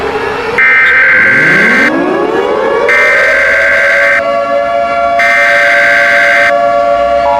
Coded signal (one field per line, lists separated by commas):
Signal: Emergency Alert System (SAME) tones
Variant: header bursts